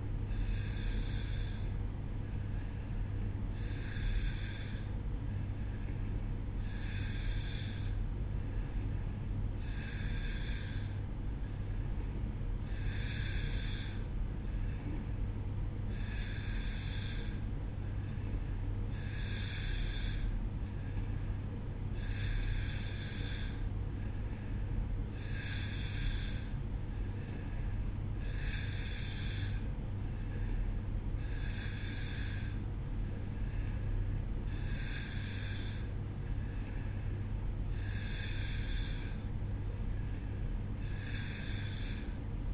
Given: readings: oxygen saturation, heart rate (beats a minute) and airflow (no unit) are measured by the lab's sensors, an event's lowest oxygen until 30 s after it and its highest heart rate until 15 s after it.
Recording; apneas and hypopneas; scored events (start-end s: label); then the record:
breathing in sleep by a smartphone at the bedside; none
none scored
From the record:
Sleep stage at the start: N2 (light sleep); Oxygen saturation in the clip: 89 to 90%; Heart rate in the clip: 63 to 66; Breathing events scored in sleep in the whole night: 305 in 9.6 hours asleep